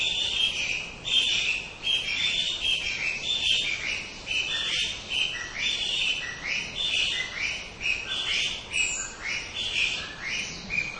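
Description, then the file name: Chinese bamboo partridge calls: ringing phrases of stepped notes repeated in quick succession over a dense, hissing background noise. "kojyuk"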